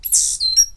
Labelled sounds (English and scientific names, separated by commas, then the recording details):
Stitchbird (Notiomystis cincta) song
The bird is a male
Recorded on Tiritiri Matangi Island, New Zealand, in 2005
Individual 8, of nest box 10